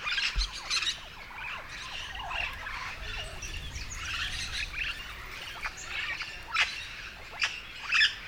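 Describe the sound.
Yellow-shouldered parrot calling: irregular harsh squawks and chatter, a few louder screeches toward the end.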